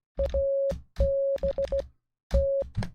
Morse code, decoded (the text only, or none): ABT